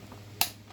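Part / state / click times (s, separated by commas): plastic landing gear leg into toy spaceship hull / seated / 0.4 s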